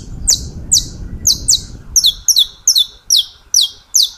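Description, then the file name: Saffron finch song of loud, high chirps falling in pitch, single at first, then doubled, then single again at a steady pace. "Canto-do-Canário-da-Terra"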